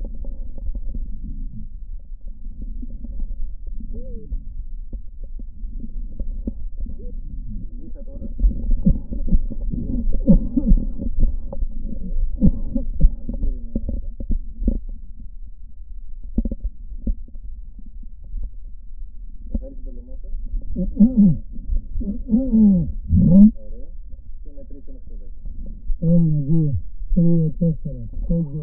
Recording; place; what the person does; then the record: lung sounds by stethoscope; right posterior basal chest; quiet breathing, then cough and speech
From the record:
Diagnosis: COPD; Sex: male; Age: 75 years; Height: 182 cm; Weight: 98 kg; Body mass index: 29.6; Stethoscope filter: diaphragm mode